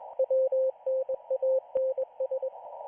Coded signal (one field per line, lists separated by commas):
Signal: Morse code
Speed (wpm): 20 wpm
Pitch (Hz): 520 Hz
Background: radio noise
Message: WNANS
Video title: Israeli Navy Radiostation 4XZ (Morse Code)